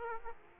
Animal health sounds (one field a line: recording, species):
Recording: mosquito wingbeat signal from an infrared sensor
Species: Aedes aegypti